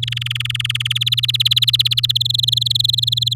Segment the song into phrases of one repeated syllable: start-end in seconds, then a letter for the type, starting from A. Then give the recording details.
0.02-0.93 A, 0.95-2.12 B, 2.15-3.34 C. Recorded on 7 May 2018 at 11:26. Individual llb16